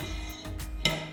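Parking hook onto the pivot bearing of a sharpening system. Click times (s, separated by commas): 0.9 s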